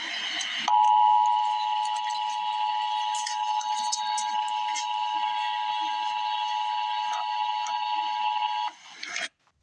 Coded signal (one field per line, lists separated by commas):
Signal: Emergency Alert System (SAME) tones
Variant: 853 and 960 Hz attention tone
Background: speech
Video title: Emergency Alert System - Dense Fog Advisory - Jan 24, 2024 at 3:07 PM EST